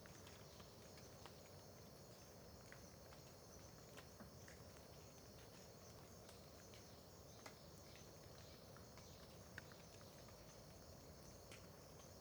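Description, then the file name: Cricket chorus droning evenly at high pitch, with many scattered drips and taps and a low continuous noise bed. Crickets at Terra Ronca park near the road at dawn, with dripping water; AB stereo recording. "Ambiencia parque terra ronca perto da estrada amanhecer com bacurau, gotejar, grilos"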